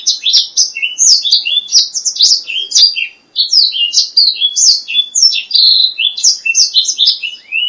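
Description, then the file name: Black-throated laughingthrush: lively, rapid whistled and chirped phrases, briefly stopping once midway before carrying on in the same busy pattern. "suara kicauan burung blacksang. omkicau"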